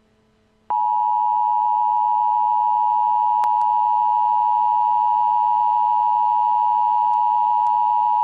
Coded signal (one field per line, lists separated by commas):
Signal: Emergency Alert System (SAME) tones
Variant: 853 and 960 Hz attention tone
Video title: Tornado Warning: St. Louis, MO (4/28/12)